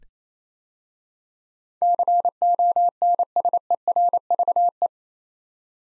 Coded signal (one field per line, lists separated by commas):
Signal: Morse code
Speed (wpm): 29 wpm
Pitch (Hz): 700 Hz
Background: none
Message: CONSERVE